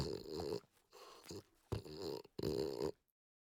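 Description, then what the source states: French Bulldog making four rough, nasal snorts in quick succession, most a harsh, throaty burst lasting about half a second. Long snort.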